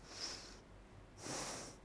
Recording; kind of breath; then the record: one breath in and out by a microphone near the nose and mouth; deep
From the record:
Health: marked as sick, illness not named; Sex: female